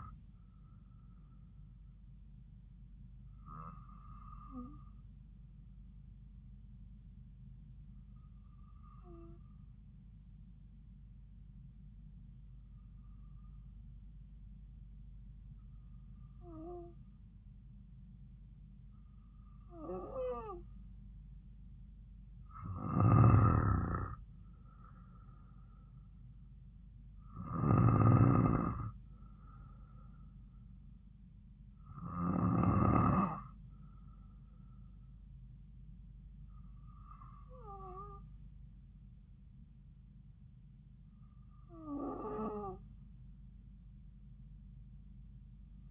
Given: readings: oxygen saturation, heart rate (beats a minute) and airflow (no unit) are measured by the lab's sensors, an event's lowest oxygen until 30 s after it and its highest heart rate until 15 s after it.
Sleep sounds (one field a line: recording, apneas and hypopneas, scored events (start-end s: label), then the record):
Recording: breathing in sleep by a smartphone at the bedside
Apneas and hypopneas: 1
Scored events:
6.00-23.80 s: hypopnea (N2, oxygen 96% highest, then 93% lowest)
From the record:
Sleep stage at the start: N2 (light sleep)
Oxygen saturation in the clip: 92 to 96%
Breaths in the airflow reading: 11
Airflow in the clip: -3.3 to 3.3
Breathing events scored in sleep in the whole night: 270 in 6.1 hours asleep